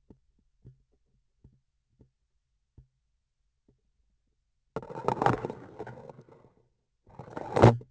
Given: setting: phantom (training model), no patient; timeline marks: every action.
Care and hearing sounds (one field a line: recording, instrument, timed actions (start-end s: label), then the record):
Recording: laparoscopic instrument, vibration sensor on the handle end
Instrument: grasping forceps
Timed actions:
4.73-6.63 s: insertion through the trocar
7.03-7.83 s: removal through the trocar
From the record:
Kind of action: spatial motion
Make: other than Olympus